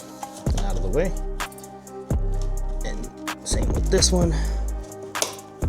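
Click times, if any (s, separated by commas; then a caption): 5.2 s. Over background music someone talks while an oxygen sensor's plastic wiring connector is pinched, pushed forward and lifted off its mounting bracket in the engine bay of a B58 during downpipe removal. A sharp click at 5.2 s marks the clip letting go, and the connector comes free of the bracket.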